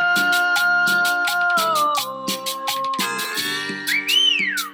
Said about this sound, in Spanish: Persona que grabó ese silbido.